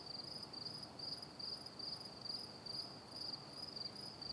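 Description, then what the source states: Cricket chirping, a high steady trill pulsing in short bursts about twice a second. Calm night-time nature ambience.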